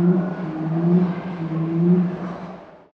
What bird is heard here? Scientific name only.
Goura cristata